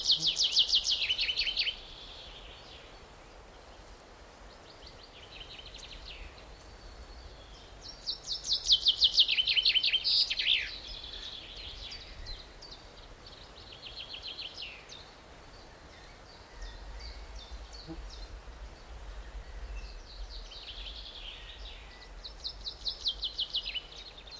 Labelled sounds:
Common Chaffinch song

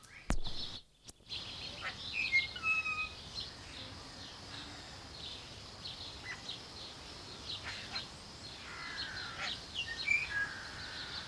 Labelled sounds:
Golden Myna

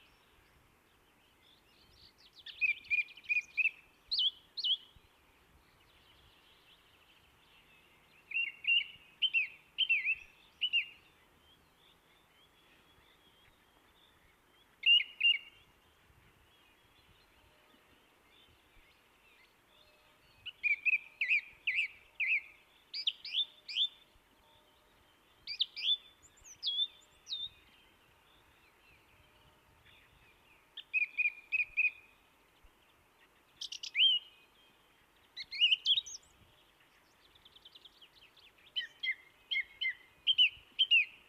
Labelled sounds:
Song Thrush song

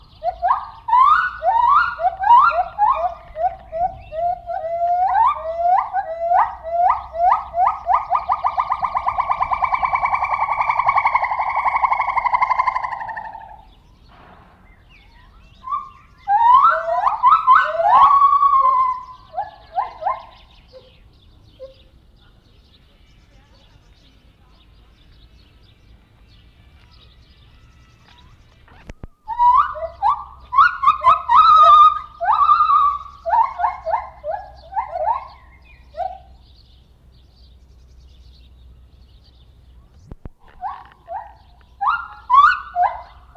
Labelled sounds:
Silvery Javan Gibbon

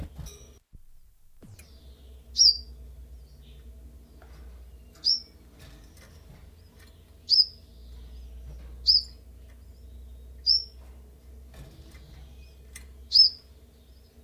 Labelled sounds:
Common Chiffchaff

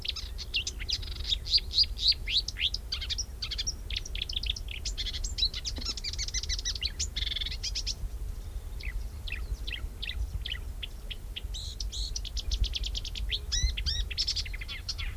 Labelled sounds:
Marsh Warbler song

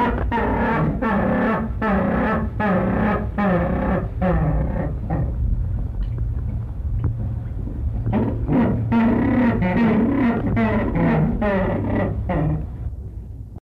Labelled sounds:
Southern Rockhopper Penguin call

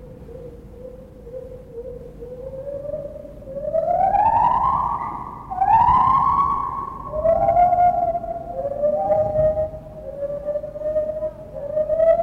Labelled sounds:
Lar Gibbon

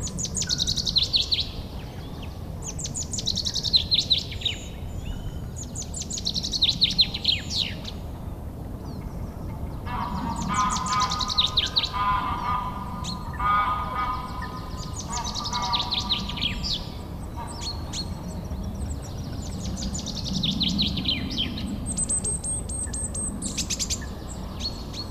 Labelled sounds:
Common Chaffinch

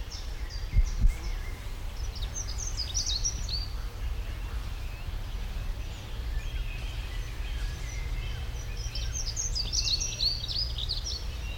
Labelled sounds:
Dunnock

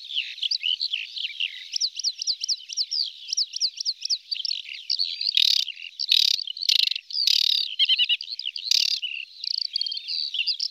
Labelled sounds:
Aquatic Warbler song

